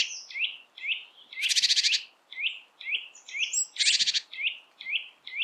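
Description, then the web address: Great tit calling: quick, evenly paced downslurred notes with two harsh rattling churrs in between. "SETE data Parus major"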